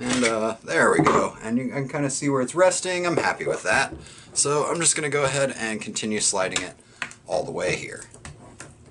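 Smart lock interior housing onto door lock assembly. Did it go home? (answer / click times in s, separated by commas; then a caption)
no / none. Someone talks while sliding the interior housing of a Turbolock TL 100 Bluetooth smart lock along the door onto the door lock assembly, with light handling and scraping sounds. The housing has not seated or clicked into place yet.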